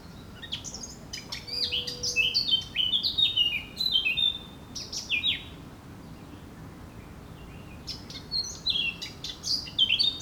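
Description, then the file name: Eurasian blackcap delivering a fast warble that turns into rich, fluting descending notes, paused for several seconds before another loud warbled phrase. "Sylvia atricapilla"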